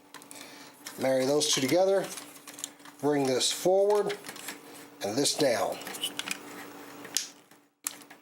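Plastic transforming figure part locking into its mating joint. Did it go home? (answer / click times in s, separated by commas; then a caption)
yes / 7.2 s, 7.9 s. Someone talks while transforming a plastic Transformers Studio Series Leader Class Blackout action figure, pushing one part forward and another down into its mating joint. Two sharp clicks at 7.2 s and 7.9 s mark the part locking into place.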